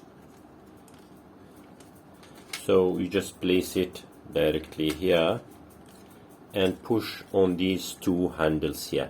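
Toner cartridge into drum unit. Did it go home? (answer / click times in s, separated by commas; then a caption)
no / none. A cleaned toner cartridge for a Brother HL-1210W printer is picked up and positioned over its drum unit before being pushed home, with only faint brief handling sounds near 0.9 s and 1.8 s. From about 2.6 s someone talks over the quiet background. Nothing has seated or clicked yet.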